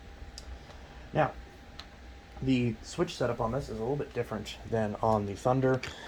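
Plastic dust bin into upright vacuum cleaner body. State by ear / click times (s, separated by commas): seated / 0.4 s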